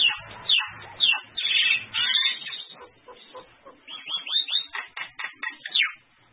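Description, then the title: Bird singing in quick bursts of high chirps and descending slurred notes, several phrases repeated in fast succession, ending with a run of sweeping whistles. "Burung Masteran"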